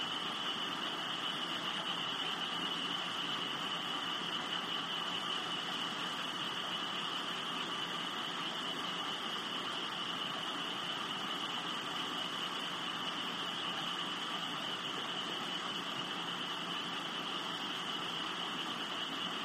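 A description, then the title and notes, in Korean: Rain falls steadily at night, a dense, unbroken hiss that holds the same level for the whole stretch. A constant shrill drone of insects sits high above it, with a softer mid-pitched hum underneath, and nothing stands out as a separate event. 풀벌레 우는 밤, 비 내리는 소리.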